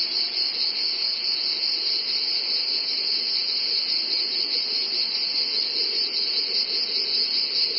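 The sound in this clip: Cicadas giving a constant, piercing drone with slight wavering in intensity.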